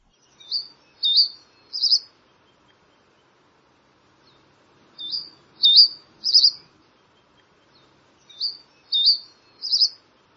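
Bird call, a high three-note phrase of short slurred chirps, the last note buzzier, repeated roughly every four seconds in near silence.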